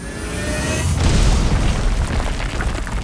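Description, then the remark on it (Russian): Gul'dan blasts apart the door, the last barrier before the entrance to the Tomb of Sargeras (World of Warcraft), with a heavy crash: after a brief hissy lead-in, a loud booming impact hits, followed by a deep rolling rumble and scattered debris that carries on to the end. “Гул'дан с грохотом разнес дверь на части.”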